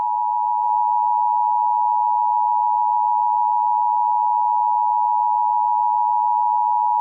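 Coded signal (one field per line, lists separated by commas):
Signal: Emergency Alert System (SAME) tones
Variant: 853 and 960 Hz attention tone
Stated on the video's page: Fake EAS alert.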